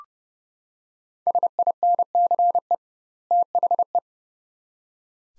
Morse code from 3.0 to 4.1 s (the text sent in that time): THE